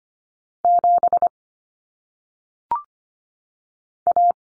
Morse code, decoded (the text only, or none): 7 A